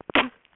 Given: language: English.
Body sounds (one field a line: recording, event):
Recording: throat vibration sensor signal played as sound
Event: cough